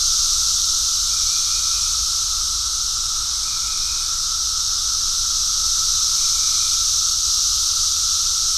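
Cicadas in a continuous, dense, hissing chorus, a steady high buzz without breaks, with a thin tonal band beneath and short faint higher notes recurring every few seconds.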